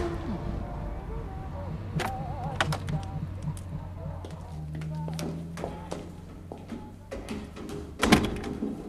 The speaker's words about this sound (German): Mrs. Dober, Wallys Zimmerwirtin, öffnete uns die Tür.